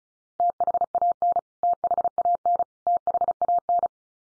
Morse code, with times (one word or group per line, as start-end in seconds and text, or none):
0.4-1.4 THAN
1.6-2.6 THAN
2.9-3.9 THAN